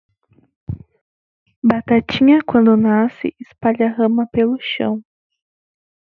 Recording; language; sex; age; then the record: short text; Brazilian Portuguese; female; 20 to 29 years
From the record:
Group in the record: control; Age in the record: 22 years